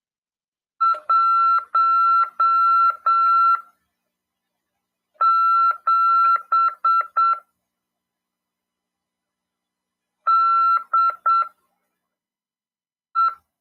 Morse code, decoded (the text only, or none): 17 DE